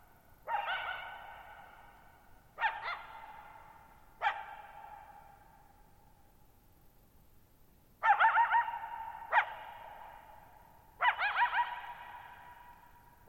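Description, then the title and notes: Coyote barking in a series of three calls, a brief pause, then another run of wavering yips and barks, each leaving a lingering echo. One coyote at night, July 14, 2019, near Thirtymile Meadows, Okanogan National Forest, Okanogan High Country, Pacific Northwest, 6400 ft (1950 m), shallow bowl-shaped meadow on a high dry plateau. "Lone Coyote at Thirtymile Meadows. night of July 14, 2019, camped near Thirtymile Meadows in the Okanogan National Forest at 6400 ft (1950 m)"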